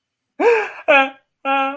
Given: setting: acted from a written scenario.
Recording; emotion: vocal sound without words; fear